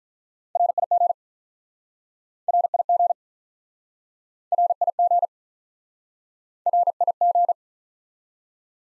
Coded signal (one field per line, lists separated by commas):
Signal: Morse code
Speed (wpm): 47 wpm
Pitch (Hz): 700 Hz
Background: none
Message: RIG RIG RIG RIG